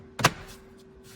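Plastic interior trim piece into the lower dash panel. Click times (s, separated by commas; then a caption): 0.2 s. A plastic interior trim piece is pressed into the lower dash panel of a 2010-2015 Lexus RX350 RX450h during a driver side knee airbag replacement. A sharp contact at about 0.2 s leads into one strong snap at 0.3 s, where the clips seat. Faint rustling follows over a steady low hum.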